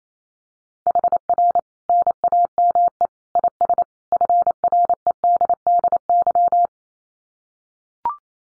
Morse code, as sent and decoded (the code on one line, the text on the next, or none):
.... .-. / -. .- -- . / .. ... / ..-. .-. . -.. -.. -.--
HR NAME IS FREDDY